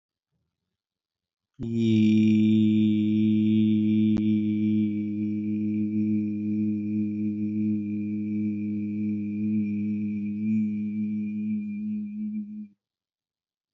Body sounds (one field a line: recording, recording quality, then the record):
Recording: sustained vowel as in beet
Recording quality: excellent, no background noise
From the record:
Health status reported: healthy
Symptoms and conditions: diabetes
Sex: male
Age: 41 years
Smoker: yes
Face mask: not worn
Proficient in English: yes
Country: India